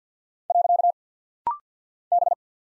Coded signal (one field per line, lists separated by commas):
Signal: Morse code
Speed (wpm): 48 wpm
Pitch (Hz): 700 Hz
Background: none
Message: . B